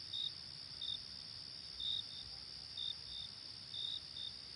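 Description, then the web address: Cricket chirping, short high chirps repeated about once a second, some in quick pairs, over a steady high-pitched drone. "hobokenchicken kira. crickets"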